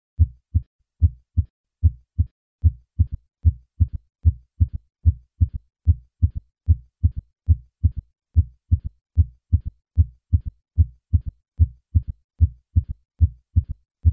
A third heart sound is a low-pitched, early diastolic sound heard best at the cardiac apex using the bell of the stethoscope with the patient in the left lateral position. Although it can be a normal finding in younger patients, in those over the age of 40, this sound usually indicates heart failure. Third heart sound is added to a normal first and second heart sound, a triple rhythm is created. This triple rhythm is called a gallop because it mimics the sound of a horse galloping. In the case of a third heart sound, this is called a ventricular gallop.